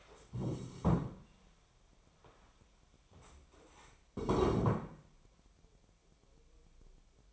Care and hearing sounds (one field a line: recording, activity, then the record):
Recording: daily activity, microphone in the room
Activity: stand up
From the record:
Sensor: 1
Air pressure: 1015.2 hPa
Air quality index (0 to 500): 194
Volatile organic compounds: 21 ppm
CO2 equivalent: 2710 ppm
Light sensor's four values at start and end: 12/30/12/13 and 12/28/12/13